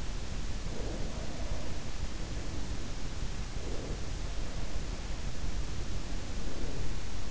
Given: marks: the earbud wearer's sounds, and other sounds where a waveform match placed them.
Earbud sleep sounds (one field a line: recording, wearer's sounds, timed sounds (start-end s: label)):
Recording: sounds in sleep by an in-ear microphone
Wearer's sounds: breath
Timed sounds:
0.36-2.53 s: breath
3.49-5.27 s: breath
5.50-7.31 s: breath